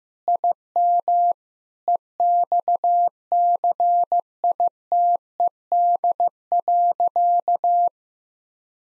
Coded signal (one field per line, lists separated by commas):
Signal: Morse code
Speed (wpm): 15 wpm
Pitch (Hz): 700 Hz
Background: none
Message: IM EXCITED.